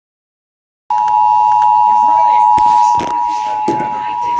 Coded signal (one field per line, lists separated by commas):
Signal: Emergency Alert System (SAME) tones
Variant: 853 and 960 Hz attention tone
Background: speech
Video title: Flash Flood Warning on KBPA-FM | EAS #2297